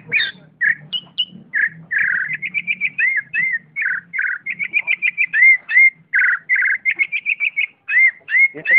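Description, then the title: Oriental magpie-robin song, clear whistled phrases of short rising and falling notes repeated rapidly, with quick trilled runs between them. "Kicau Kacer"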